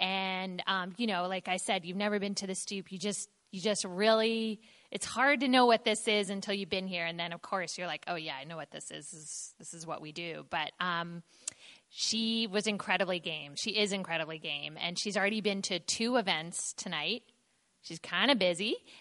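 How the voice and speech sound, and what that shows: A woman speaks fluently at a relaxed pace with clear, ordinary voicing; typical adult speech with natural pauses.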